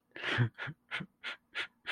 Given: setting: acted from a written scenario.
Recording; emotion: vocal sound without words; sadness